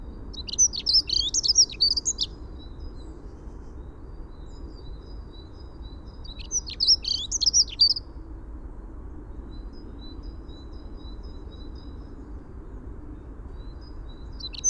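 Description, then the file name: Dunnock song: short, hurried, high-pitched tinkling phrases separated by long pauses, three bursts heard over a low background hum. "Prunella modularis - Dunnock"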